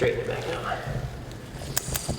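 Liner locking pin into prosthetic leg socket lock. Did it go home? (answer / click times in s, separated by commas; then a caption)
yes / 1.8 s. Someone talks while a residual limb in its liner is pushed into a prosthetic leg socket and the knee is straightened. The liner's locking pin clicks into the socket lock at 1.8 s, followed by another sharp tick at about 2.0 s. The leg is seated and locked on.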